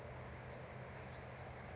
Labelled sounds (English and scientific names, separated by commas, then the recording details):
Bewick's Wren (Thryomanes bewickii)
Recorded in Sonoma County, California